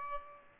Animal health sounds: mosquito wingbeat signal from an infrared sensor; Aedes albopictus

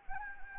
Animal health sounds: mosquito wingbeat signal from an infrared sensor; Anopheles gambiae

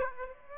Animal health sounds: mosquito wingbeat signal from an infrared sensor; Aedes aegypti

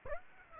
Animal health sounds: mosquito wingbeat signal from an infrared sensor; Aedes aegypti

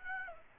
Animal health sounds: mosquito wingbeat signal from an infrared sensor; Aedes aegypti

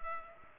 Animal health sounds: mosquito wingbeat signal from an infrared sensor; Culex pipiens

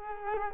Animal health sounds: mosquito wingbeat signal from an infrared sensor; Culex quinquefasciatus

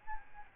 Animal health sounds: mosquito wingbeat signal from an infrared sensor; Aedes albopictus

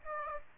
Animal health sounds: mosquito wingbeat signal from an infrared sensor; Aedes aegypti

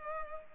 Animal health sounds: mosquito wingbeat signal from an infrared sensor; Culex pipiens

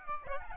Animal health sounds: mosquito wingbeat signal from an infrared sensor; Aedes albopictus

